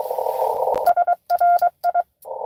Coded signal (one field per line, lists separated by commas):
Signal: Morse code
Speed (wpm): 22 wpm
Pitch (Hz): 690 Hz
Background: radio noise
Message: SRI